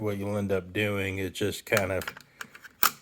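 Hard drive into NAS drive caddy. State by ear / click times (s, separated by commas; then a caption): seated / 2.9 s. A 20TB hard drive is put into a plastic drive caddy for a NAS while someone talks, with a few small clicks near the end. It snaps in place with a sharp click at 2.9 s, before the side screw is added.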